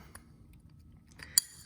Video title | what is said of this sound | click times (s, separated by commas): Paragon Warlock Disassembly | and then it locks into place by like that | 1.4 s